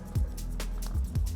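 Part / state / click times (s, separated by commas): EVAP line into plastic line retaining clip / not seated / none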